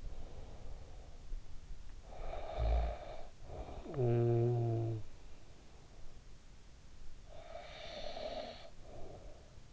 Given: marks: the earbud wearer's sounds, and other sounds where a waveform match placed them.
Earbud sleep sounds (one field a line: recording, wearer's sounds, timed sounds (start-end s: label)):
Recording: sounds in sleep by an in-ear microphone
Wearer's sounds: snoring breath, breath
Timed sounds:
1.90-5.33 s: snoring breath
6.93-9.73 s: breath